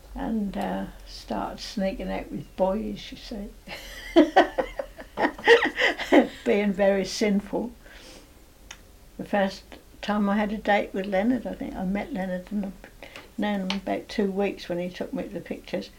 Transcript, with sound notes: and started sneaking out with boys, you see. [bursts out laughing] Being very sinful. The first time I had a date with Leonard I think, I met Leonard and known him for about two weeks when he took me to the pictures.